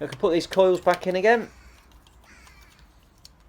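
On a Honda Civic Type R with a K20 engine, ignition coils are being refitted after a spark plug change, ready for the wiring harness plug to be pushed onto the coil. Someone talks for the first 1.5 seconds, followed by quiet handling with faint ticks near 1.9 and 2.1 seconds and a brief sharp tick at 3.3 seconds. Nothing has seated or clicked yet.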